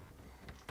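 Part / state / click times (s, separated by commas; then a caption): refrigerator wire harness connector into its mating connector / not seated / none. Plastic wire-harness connectors in the compartment of a Whirlpool refrigerator are handled and lined up with their mating connectors, giving a soft rustle and two brief taps, the sharper one at about 0.7 s. Nothing has seated or snapped home yet.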